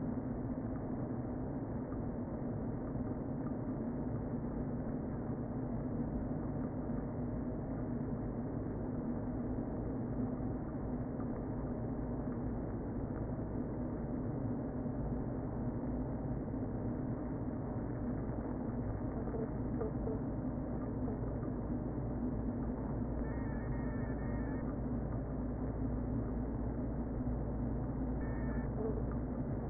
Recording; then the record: honeybee colony, microphone inside the hive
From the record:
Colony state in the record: queen present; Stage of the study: before two queens were removed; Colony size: about 60,000 bees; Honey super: yes